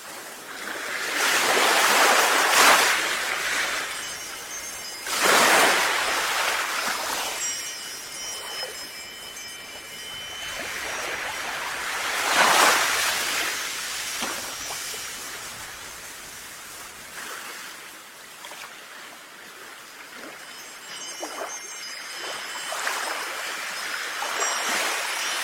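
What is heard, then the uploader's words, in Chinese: Waves surge and wash at the seaside every few seconds, with faint, bright wind chimes tinkling sparsely around eight and twenty-two seconds. 海边风铃。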